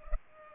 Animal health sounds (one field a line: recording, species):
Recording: mosquito wingbeat signal from an infrared sensor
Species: Culex pipiens